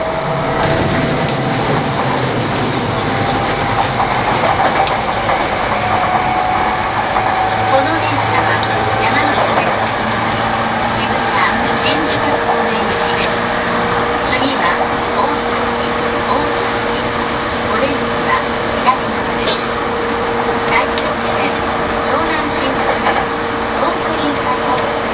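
A ride aboard an E231 series Yamanote Line train on the outer loop, with a steady rumble and drone running the whole time. Faint voices murmur underneath, and small clicks and rattles from the car come and go throughout.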